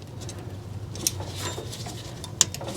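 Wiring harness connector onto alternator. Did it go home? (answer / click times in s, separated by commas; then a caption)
yes / 2.4 s. A wiring harness connector is pushed onto the alternator during an alternator install on a 2007–2019 Toyota Tundra with the 4.6L or 5.7L i-Force engine. Under a low steady hum there are a few soft ticks, including one near 1.1 s, then a sharp click at 2.4 s. The connector is seated and clicks home.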